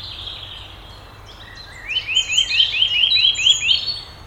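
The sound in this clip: Nuthatch trill of quick, evenly repeated piping notes starting midway, with other birds chirping over it and steady background noise.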